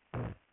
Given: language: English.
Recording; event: throat vibration sensor signal played as sound; throat clearing